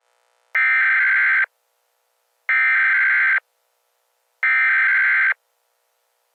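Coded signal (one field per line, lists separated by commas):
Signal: Emergency Alert System (SAME) tones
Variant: header bursts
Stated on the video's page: Fictional EAS scenario, not a real alert.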